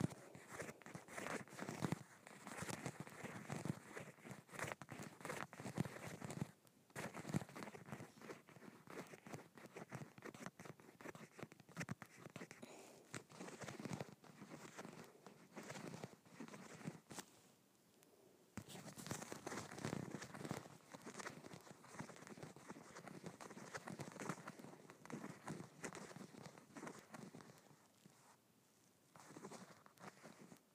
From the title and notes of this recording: ASMR Scratching Bumpy Leather.